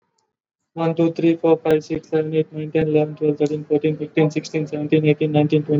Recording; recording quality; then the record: counting at a normal pace; excellent, no background noise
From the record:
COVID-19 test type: RT-PCR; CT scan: not taken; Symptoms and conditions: cough, cold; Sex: male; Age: 20 years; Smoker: no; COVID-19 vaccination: both doses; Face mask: worn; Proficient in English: yes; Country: India